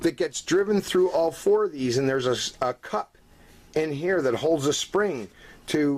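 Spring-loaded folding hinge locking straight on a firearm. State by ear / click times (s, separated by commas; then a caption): not seated / none. Someone talks while handling a spring-loaded folding hinge on a firearm, held by one large roll pin driven through four points, with a cup holding a spring so it can snap straight into place. Only speech is heard, with short pauses between phrases. Nothing has snapped or seated yet.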